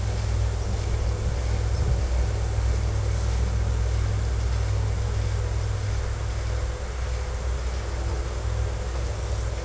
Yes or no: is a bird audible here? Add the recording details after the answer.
no. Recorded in secondary vegetation near Puerto Asís, Putumayo, Colombia, on 16 December 2024 at 14:00. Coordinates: 0.468, -76.324. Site G095